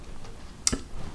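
The crown of a Wicked Watch Co. Swiss Made Bronze Pearl Diver watch is pushed all the way back into the watch case to its home position. Against a quiet background, a single sharp, bright click sounds at 0.7 s. The crown is confirmed fully seated.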